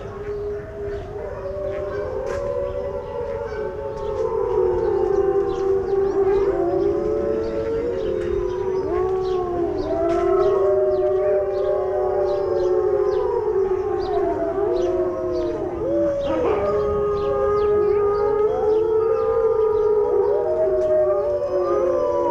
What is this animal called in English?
Gray Wolf